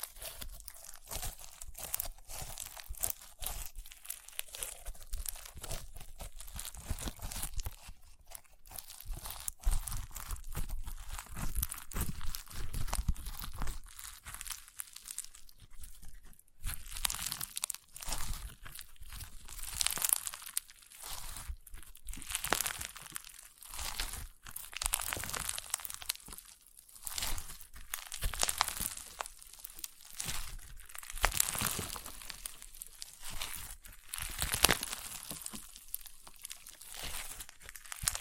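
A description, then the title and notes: Crunchy slime being squeezed and worked, giving a dense, continuous run of crackling, crinkling pops for the whole 38 seconds. The bright crackle swells and thins in irregular bursts every second or two, with a brief quieter gap around 16 seconds. ASMR Satisfying Crunchy Slime (No Talking).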